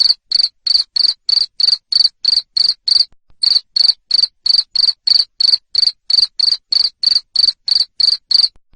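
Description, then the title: Cricket sounding loud raspy chirps in quick succession, roughly three a second, with one short gap after the first few seconds. Loud cricket chirping used to stimulate lovebirds to sing (ngekek) continuously. "Suara JANGKRIK NGERIK Keras Bikin LOVEBIRD Jadi NGEKEK Terus Vubey"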